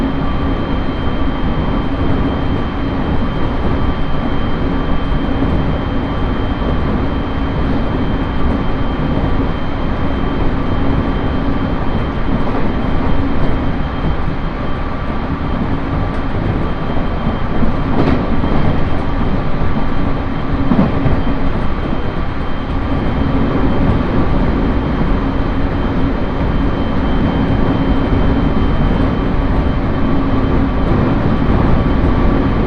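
A ride inside a train car on the Uetsu Main Line between Ugo-Honjo and Akita. A dense, steady low rumble fills the whole clip at an even level, with faint, constant whining tones above it and a brief clack around eighteen seconds.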